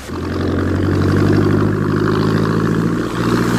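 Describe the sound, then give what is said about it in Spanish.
A motorboat engine is started and catches, settling into a steady, throaty idle, its low droning hum and faint mechanical clatter holding at a constant pitch for several seconds with no voices. “el hombre pez pone en funcionamiento el motor de la lancha.”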